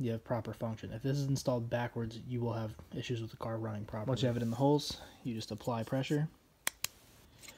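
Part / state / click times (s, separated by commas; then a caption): adapter pins into resistor pack socket of ECM module / seated / 6.7 s, 6.8 s. Someone talks while the pins of a Moates G1 adapter, lined up in the resistor pack holes of an ECM module, are pressed in by hand. Two sharp clicks are heard at 6.7 s and 6.8 s as the pins snap into place, leaving the adapter properly seated.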